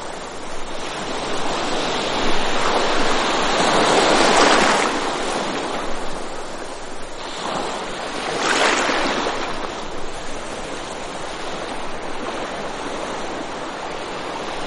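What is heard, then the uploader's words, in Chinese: Waves wash quickly onto a gently sloping sand beach, with two fuller surges near four and eight seconds over a constant hiss of surf. 海浪扑打在平缓的沙滩上－略急促。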